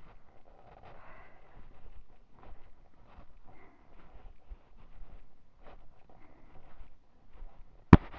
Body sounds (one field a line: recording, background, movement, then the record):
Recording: deep breathing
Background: quiet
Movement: walking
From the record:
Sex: female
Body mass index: 22.6 kg/m2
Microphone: on the chest, facing the body